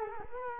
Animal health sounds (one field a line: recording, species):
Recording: mosquito wingbeat signal from an infrared sensor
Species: Culex quinquefasciatus